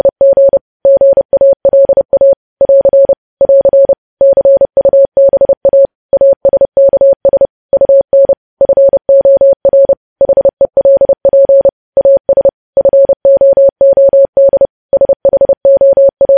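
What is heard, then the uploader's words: Morse code tapped out as a single steady tone, a mid-pitched beep switching on and off in short dots and longer dashes. The keying runs continuously for the whole stretch at a brisk, even pace, with brief silent gaps between characters and no other sounds. Morse code.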